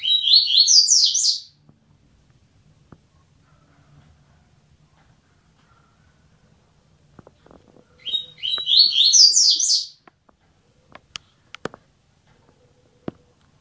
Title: Canto Coleiro